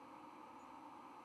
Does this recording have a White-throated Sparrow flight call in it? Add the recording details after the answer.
no. Another species' flight call is heard. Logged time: 02:46 on 6 November 2014